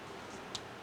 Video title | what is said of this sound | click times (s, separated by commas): 这出货速度！变形金刚MS魔方小比例计算王烙铁玩具开箱 | 着後方這裡有一個插槽，雙段關節折疊一下，給它扣上去。 | 0.6 s